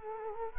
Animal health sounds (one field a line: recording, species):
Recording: mosquito wingbeat signal from an infrared sensor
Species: Culex quinquefasciatus